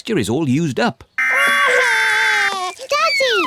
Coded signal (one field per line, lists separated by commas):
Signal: Emergency Alert System (SAME) tones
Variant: header bursts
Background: speech